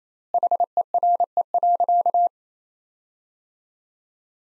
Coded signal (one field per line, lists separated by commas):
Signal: Morse code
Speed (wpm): 28 wpm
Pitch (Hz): 700 Hz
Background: none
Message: HERE.